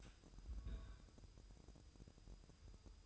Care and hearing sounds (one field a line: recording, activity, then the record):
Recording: daily activity, microphone in the room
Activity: place on stove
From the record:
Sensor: 2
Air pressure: 988.1 hPa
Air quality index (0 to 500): 190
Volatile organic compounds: 179 ppm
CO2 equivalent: 4140 ppm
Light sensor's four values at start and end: 21/71/28/27 and 21/71/28/27